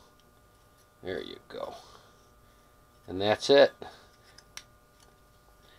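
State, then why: Seated. Someone talks as a plastic frame part on a Blade 200QX RC quadcopter is pressed over the tucked-in ribbon cable as a ribbon protector mod. A softer tick at 4.4 s is followed by a sharp click at 4.6 s as the frame part snaps into place and seats.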